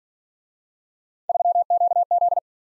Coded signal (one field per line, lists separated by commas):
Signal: Morse code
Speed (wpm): 48 wpm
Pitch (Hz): 700 Hz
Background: none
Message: 3QZ